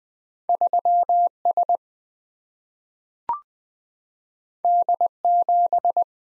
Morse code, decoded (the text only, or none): 3S D7